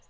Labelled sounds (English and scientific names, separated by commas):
Lucy's Warbler (Leiothlypis luciae) flight call